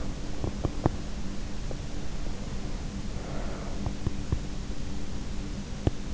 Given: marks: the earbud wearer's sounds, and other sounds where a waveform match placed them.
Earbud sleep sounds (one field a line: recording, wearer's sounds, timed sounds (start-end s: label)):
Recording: sounds in sleep by an in-ear microphone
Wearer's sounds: teeth grinding, breath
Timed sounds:
0.23-1.36 s: teeth grinding
2.91-4.28 s: breath
5.54-6.12 s: teeth grinding